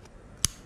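The spring-loaded side battery door on a GoPro HERO 9 Black action camera body is closed and snaps shut with one sharp click at 0.4 s, standing well above the quiet background. The door is seated shut, and the spring-loaded design is meant so users will not forget to close it.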